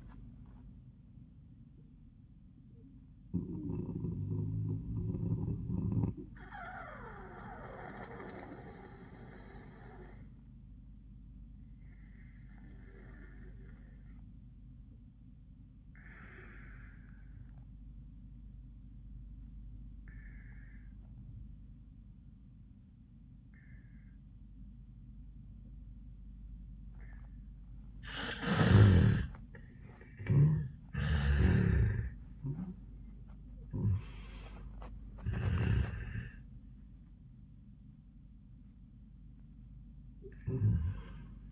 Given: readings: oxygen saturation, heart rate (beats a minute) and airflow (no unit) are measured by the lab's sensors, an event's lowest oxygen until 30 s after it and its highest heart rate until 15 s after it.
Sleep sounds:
breathing in sleep by a smartphone at the bedside; 1
12.00-30.40 s: obstructive apnea (N1, oxygen 96% highest, then 82% lowest, heart rate 89 at the start, 105 highest)
32.00-41.52 s: new sleep stage, awake
35.00-41.52 s: awake
From the record:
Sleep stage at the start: N1 (lightest sleep); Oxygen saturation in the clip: 74 to 96%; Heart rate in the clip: 72 to 105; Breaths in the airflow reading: 4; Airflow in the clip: -29.3 to 12.7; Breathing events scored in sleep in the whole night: 400 in 8.7 hours asleep

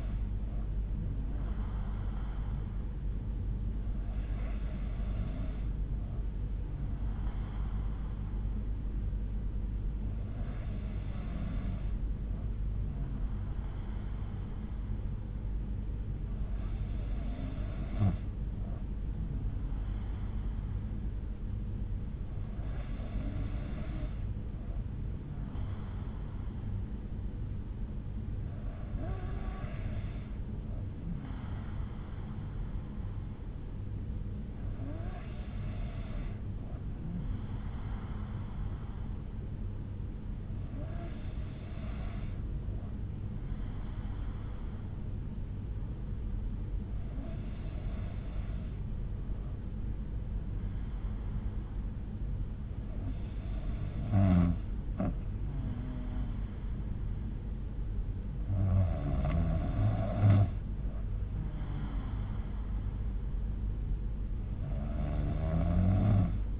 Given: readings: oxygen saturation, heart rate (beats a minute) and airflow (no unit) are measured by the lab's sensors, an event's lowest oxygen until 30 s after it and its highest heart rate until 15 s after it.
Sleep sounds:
breathing in sleep by a smartphone at the bedside; none
29.00-66.60 s: new sleep stage, N2 (light sleep)
From the record:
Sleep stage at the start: N3 (deep sleep); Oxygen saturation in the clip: 92%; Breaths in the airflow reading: 12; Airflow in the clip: -5.3 to 3.7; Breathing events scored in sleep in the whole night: 368 in 8.0 hours asleep

